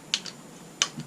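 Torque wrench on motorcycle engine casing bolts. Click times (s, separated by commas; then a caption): 0.1 s, 0.8 s. A torque wrench tightens the engine casing bolts on a Kawasaki ZX10-B motorcycle, during a starter chain tensioner modification. Two sharp clicks at 0.1 s and 0.8 s show the wrench reaching its set torque, each followed by a fainter tick at 0.3 s and 1.0 s.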